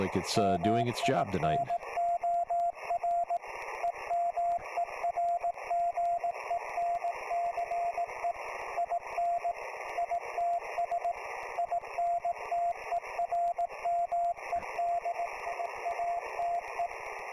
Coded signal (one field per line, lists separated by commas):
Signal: Morse code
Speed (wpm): 18 wpm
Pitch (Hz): 690 Hz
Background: speech, radio noise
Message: MINOR EMERGENCE IN ITS INTERMEDIATE